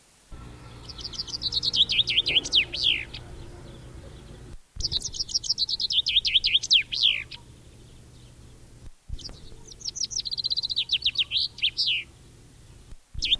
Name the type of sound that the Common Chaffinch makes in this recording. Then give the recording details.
song. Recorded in the wild. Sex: male. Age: adult. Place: Erlangen, Bayern, DE. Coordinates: 49.5675, 11.0142. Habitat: forest. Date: 1964-06-20. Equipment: Vollspur, Original. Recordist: Tretzel, Erwin